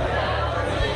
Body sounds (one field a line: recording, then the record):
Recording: background sound without coughing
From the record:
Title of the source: CITY SOUNDS Busy Bar in the Evening Night - 2 HOURS of Ambiance for Relaxation